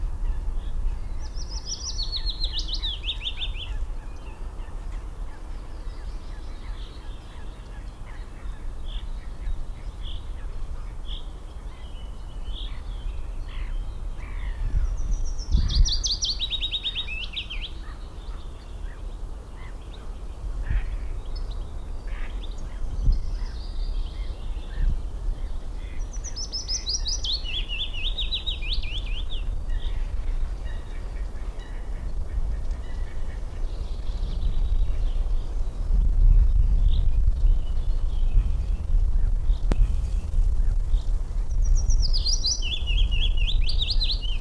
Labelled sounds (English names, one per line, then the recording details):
Willow Warbler song
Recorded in the wild
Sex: male
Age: adult
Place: Schloß Dammsmühle, Brandenburg, DE
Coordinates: 52.69, 13.41
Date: 1995-05-01 17:32
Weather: heiter 14-15°C
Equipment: Marantz CP 430, Sennheiser ME 80, Kopie Uher 4000 Report Monitor
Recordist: Tembrock, Günter